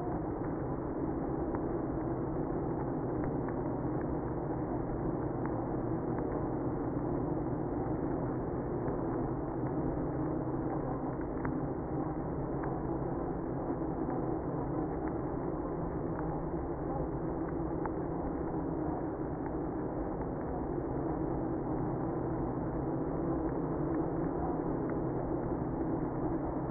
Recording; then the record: honeybee colony, microphone inside the hive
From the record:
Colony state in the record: queenless (queen removed); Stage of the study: after two queens were removed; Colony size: about 60,000 bees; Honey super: yes